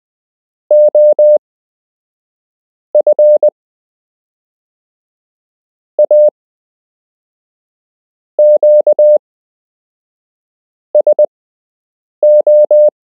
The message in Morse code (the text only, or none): OF A QSO